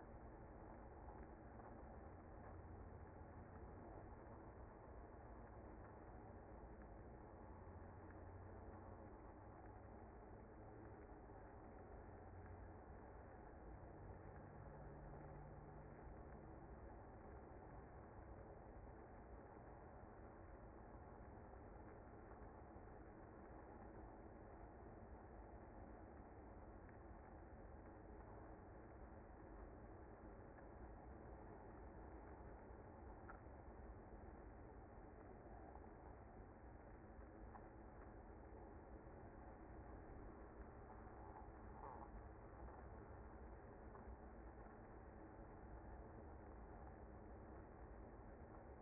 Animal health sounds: honeybee colony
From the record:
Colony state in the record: active

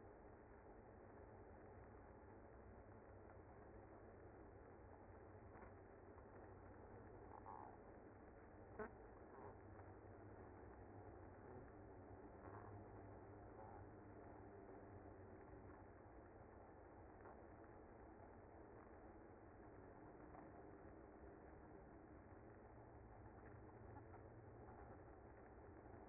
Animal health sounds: honeybee colony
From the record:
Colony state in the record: active

